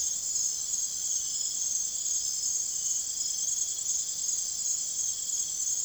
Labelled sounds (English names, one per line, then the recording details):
none
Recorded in secondary vegetation near Puerto Asís, Putumayo, Colombia, on 24 June 2025 at 03:00
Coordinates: 0.489, -76.322
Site G021